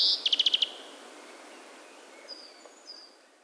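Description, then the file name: European greenfinch giving a quick twittering trill of about six even notes, followed by faint, thin calls in the background. "Chloris chloris"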